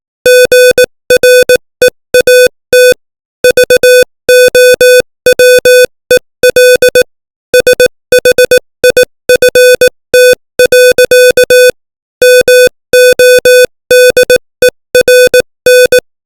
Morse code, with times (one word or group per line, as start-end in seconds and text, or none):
0.3-2.9 GREAT
3.4-7.0 VOWEL
7.5-11.7 SHIFT.
12.2-16.0 MODERN